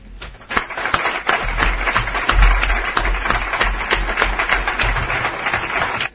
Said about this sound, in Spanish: Y por eso, simplemente, pues muchas gracias a vosotros y un fuerte aplauso a ellos.